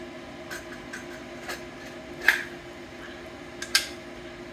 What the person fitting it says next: it locks in place will not come out